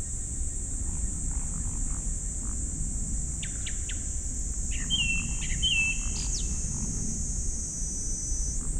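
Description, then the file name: Japanese thrush song: a few sharp notes, then two clear level whistles in quick succession, against a constant high-pitched insect buzz. Recorded 19 July 2015, 19:19. "kurotugumi"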